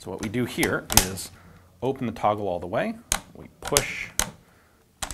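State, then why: Seated. With the toggle of a Japanese Army Pedersen copy trials rifle opened all the way, the mainspring disconnect paddle switch on the back of the steel receiver is pushed in while someone talks. A sharp click at 5.0 s marks the switch locking in place, disconnecting the mainspring from the toggle so the rifle can be disassembled.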